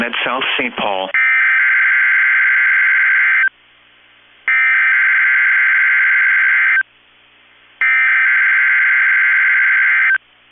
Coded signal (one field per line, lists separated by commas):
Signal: Emergency Alert System (SAME) tones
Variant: header bursts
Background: speech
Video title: 10/13/21 - KEC65 Required Weekly Test (EAS #257)